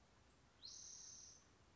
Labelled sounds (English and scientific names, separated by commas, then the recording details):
Spotted Towhee (Pipilo maculatus)
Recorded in Sonoma County, California